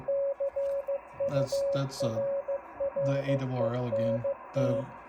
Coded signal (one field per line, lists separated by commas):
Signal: Morse code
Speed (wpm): 15 wpm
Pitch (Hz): 560 Hz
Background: speech, radio noise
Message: CURRENT